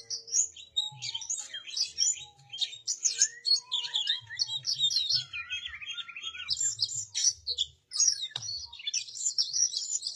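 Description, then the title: Oriental magpie-robin singing a dense, rapid medley of high chirps, whistles and rasping notes for ten seconds, briefly pausing near the end, over faint low humming. "Kacer"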